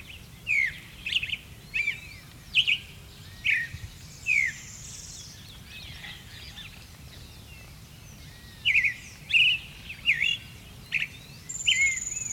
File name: Turdus amaurochalinus - Creamy-bellied Thrush